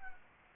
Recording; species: mosquito wingbeat signal from an infrared sensor; Anopheles gambiae